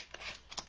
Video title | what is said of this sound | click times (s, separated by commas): Welcome to the Workshop! | did you hear it pop in? | 0.1 s